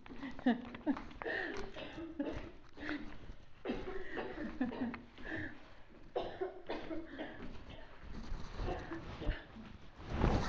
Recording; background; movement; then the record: laughter; a bystander coughing; walking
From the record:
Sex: female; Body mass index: 25.5 kg/m2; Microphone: on the chest, facing outward